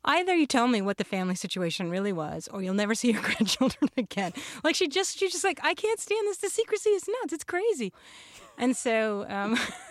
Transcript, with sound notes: Either you tell me what the family situation really was or you'll never see your grandchildren again (laughter).
Like, she just - she's just like, I can't stand this. The secrecy is nuts. It's crazy. And so